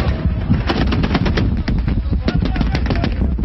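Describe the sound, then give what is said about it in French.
Rapid, irregular bursts of gunfire: sharp cracks come in quick clusters over a steady roar of low rumble, with faint voices mixed in underneath. “Les insurgés rechargent leurs armes et scrutent le ciel, en espérant un embargo aérien, leur seule chance.”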